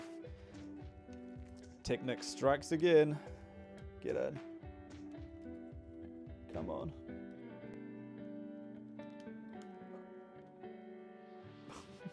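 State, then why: Not seated. A plastic LEGO Technic side section of the F1 McLaren (42228) car model is pushed by hand into its plastic pin connections on the car chassis, with soft plastic handling sounds over steady background music while someone talks. Nothing has seated or clicked yet by the end of the clip.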